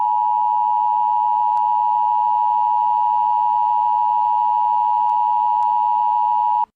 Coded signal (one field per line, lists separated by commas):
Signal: Emergency Alert System (SAME) tones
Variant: 853 and 960 Hz attention tone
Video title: EAS scenario ￼#12 Max antonem rampages earth and spreads red smoke